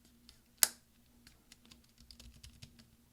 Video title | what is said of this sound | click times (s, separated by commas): RIGHT SHIFT key replacement on the 13" Macbook Pro Unibody Core 2 Duo 2.26 Ghz | and just kind of push down and roll your fingers. You'll hear lots of snaps. | 0.6 s